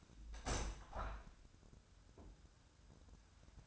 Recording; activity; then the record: daily activity, microphone in the room; open window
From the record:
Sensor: 2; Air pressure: 1006.4 hPa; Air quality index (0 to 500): 191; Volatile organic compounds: 12 ppm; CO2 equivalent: 2328 ppm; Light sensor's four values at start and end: 8/20/8/8 and 9/21/9/9